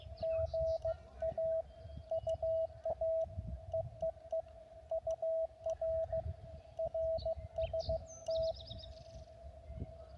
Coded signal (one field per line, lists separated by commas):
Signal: Morse code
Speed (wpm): 16 wpm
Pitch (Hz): 650 Hz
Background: radio noise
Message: GA UA EEE UR RST